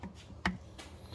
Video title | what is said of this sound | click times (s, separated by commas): [FA20 Engine] 2015+ Subaru WRX Installing shims & Rockers Super Easy👌 | When you hear that snap, it's just right in place, just like that, guys. | 0.5 s